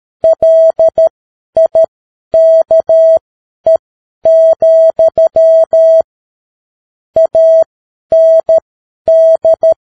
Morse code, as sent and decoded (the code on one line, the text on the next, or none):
.-.. .. -.- . --..-- / .- -. -..
LIKE, AND